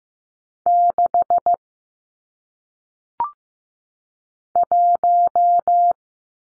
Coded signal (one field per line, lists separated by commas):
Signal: Morse code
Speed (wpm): 15 wpm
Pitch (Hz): 700 Hz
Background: none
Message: 6 1